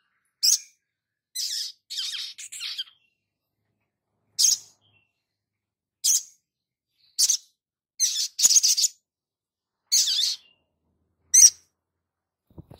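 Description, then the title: Spiderhunter delivering a lively series of sharp high chips and short scratchy chattered bursts, irregularly spaced. Masteran (training recording for cage birds), Labaik variant. "Sogok Ontong Labaik"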